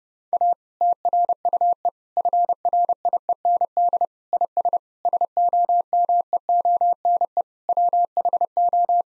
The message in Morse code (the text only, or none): A TRUE FRIEND IS SOMEONE WHO